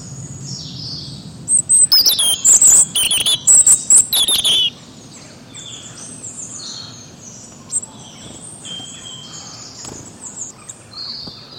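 Bird chirping in a loud run of rapid high twitters lasting about three seconds, followed by soft thin whistles over a faint background hiss.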